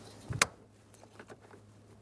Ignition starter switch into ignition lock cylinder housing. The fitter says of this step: make sure it's locked into place and both Tabs are seated